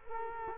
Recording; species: mosquito wingbeat signal from an infrared sensor; Culex quinquefasciatus